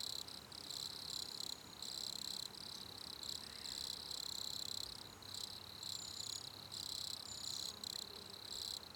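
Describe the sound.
Cricket chirping: high, shrill pulsed trills in bursts with short breaks, over a faint background hiss.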